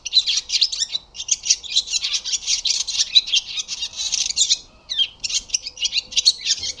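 Barn swallow twittering: a long, busy stream of harsh chirps and rattling notes, briefly broken a couple of times, most clearly about two-thirds of the way through.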